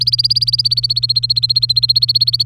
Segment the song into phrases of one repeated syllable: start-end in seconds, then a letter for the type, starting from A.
0.00-2.46 A